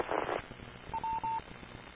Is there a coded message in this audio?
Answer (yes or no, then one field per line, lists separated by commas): no